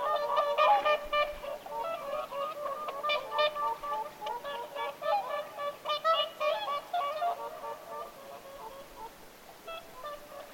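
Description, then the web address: Whooper swans calling, a dense chorus of nasal, bugling honks overlapping in quick succession throughout. Whooper swans calling at Lintulahti on 6 November 2025. "paivat 6 11 2025 laulujoutsenten aantelya lintulahdella"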